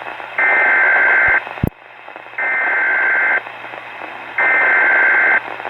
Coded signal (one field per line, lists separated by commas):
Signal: Emergency Alert System (SAME) tones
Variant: header bursts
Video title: Weatheradio Canada - Severe Thunderstorm Warning (EAS #92) 02/09/2013